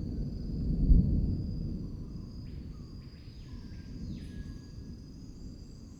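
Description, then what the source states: Insects keep up a thin continuous high whine while a cluster of falling sweeping calls sounds midway over heavy low rumbling. Insect solo recorded in the Amazon rainforest.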